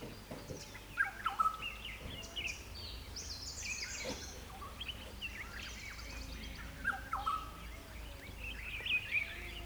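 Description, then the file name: Black-headed oriole giving short fluty whistled calls several times, mixed with a dense chorus of other birds' higher chirps and a steady low hum. Recorded at Punda Maria in Kruger. "kruger- oriole-tete-noire-punda-maria"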